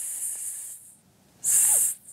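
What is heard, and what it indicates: Adult woman imitating her tinnitus with two bursts of careful, high-pitched hissing through the teeth. The ear noise has lasted for years, never stops, began suddenly after a shock 10 years ago, and eases somewhat while walking.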